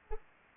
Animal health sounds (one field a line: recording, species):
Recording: mosquito wingbeat signal from an infrared sensor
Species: Anopheles arabiensis